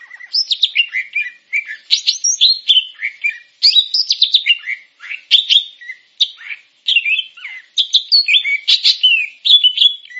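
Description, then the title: Grey-cheeked bulbul giving a long, lively medley of chirps, slurred whistles and scratchy notes in quick groups with short gaps, without other noise. "Kicau Burung Cucak Jenggot"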